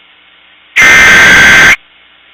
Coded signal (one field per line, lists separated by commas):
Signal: Emergency Alert System (SAME) tones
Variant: header bursts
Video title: Emergency Alert System - Nothing (S1EP2)